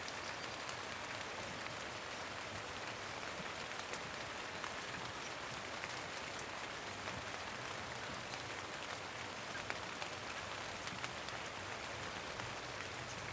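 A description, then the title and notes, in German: Light summer rain patters steadily onto the leaves of a bush, a dense, even hiss of countless small drops. Individual ticks and taps stand out brightly against the constant wash, with no change in intensity across the whole stretch. Leichter Sommerregen prasselt ins Gebüsch. Leichter Regen nach einem Sommertag auf die Blätter eines Gebüschs prasselt. Unser Mikrofon war mitten in den Ästen.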